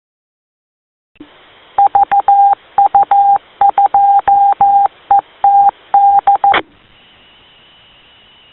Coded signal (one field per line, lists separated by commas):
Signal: Morse code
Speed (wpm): 14 wpm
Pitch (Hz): 800 Hz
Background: none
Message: VU2ETD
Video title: Pune Hams - Condolence Meeting to pay respect & share memories of VU2AVG Late Avinash Gundale